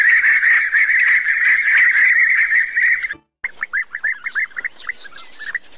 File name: canto do abelharuco comum